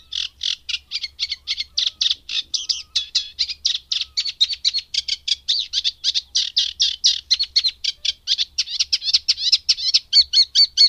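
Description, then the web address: Eurasian reed warbler song: fast, unbroken jerky chatter of scratchy notes, running throughout. "agykontroll Madardalok Cd 3. Cserregő nádiposzáta"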